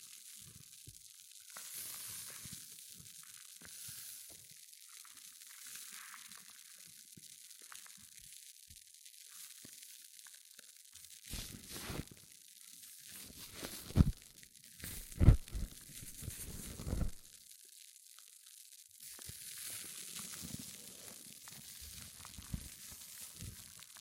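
Hair mousse fizzes and crackles steadily, a bright, dense hiss with fine popping bubbles. Around the middle, from about 11 to 17 seconds, louder squishing and crunching bursts stand out with a few sharp taps, then the soft fizzing settles back.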